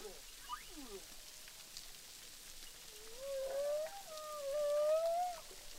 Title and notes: humpback whales, boucan canot, ile de la reunion. enregistré avec un hydrophone DPA lors du tournage SIGNATURE